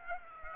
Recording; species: mosquito wingbeat signal from an infrared sensor; Aedes aegypti